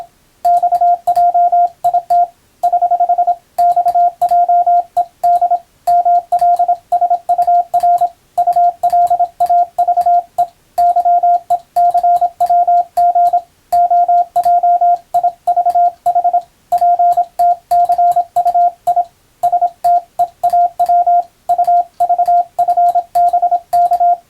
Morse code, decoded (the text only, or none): XJIT <HH> XJED MLSUR ULAVE YECWG OJIVH PTCUI STEAW UVFBK